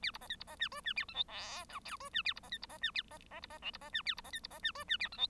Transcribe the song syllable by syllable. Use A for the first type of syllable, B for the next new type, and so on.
A B C D B C E F E A G H I J K F E A B C D B C E A C C B C L B C E A B C D B C E F E A G H